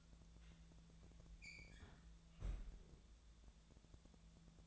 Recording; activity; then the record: daily activity, microphone in the room; close fridge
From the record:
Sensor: 3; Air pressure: 1000.0 hPa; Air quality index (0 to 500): 132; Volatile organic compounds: 2 ppm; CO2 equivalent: 1174 ppm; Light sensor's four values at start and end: 44/111/47/52 and 44/111/47/52